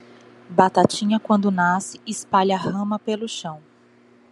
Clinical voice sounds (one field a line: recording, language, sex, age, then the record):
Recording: short text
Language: Brazilian Portuguese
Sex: female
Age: 30 to 39 years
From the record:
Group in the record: control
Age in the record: 39 years